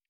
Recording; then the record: hydrophone in a shrimp aquaculture tank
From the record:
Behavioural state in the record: feeding